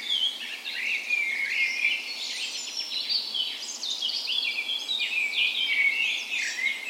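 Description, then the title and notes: Dawn chorus with numerous birds, bright warbles, sweeping whistles and rapid chirps layered continuously without pause. Dawn chorus in a park west in Bergen, Norway, on the morning of 17 May, Norway's National Day, in full spring; Sony PCM A10 recorder with LOM Usi microphones mounted as tree ears. "17th Of May Dawn Chorus. Recorded on the morning of Norways National Day the 17th of May in a park west in Bergen. Spring is in full effect, and the dawn chorus sounds wonderful!"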